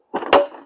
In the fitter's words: Snaps back in place easily.